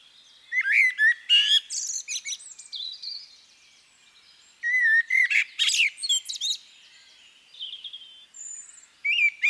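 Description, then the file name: Common blackbird song of mellow whistles and high squeaky notes, phrases separated by short pauses. "CHernyj drozd - Turdus merula - British Library"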